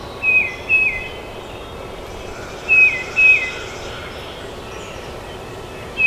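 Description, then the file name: Tufted titmouse song of two-note whistled phrases, notes slurring down, a pair early, another pair near three seconds and a last note starting at the end. Recorded at Trempealeau on 12 May 2018. "2018-05-12 TUTI-Trempealeau"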